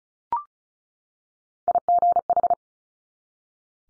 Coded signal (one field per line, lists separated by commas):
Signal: Morse code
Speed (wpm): 36 wpm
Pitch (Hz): 700 Hz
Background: none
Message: IGH